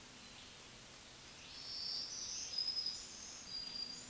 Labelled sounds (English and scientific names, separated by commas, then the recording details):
Black-throated Green Warbler (Setophaga virens) song
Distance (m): 25 m
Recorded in a Pennsylvania forest on 1 June 2023 at 08:59
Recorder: AudioMoth, point grid3_17_high
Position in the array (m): 213 m, 178 m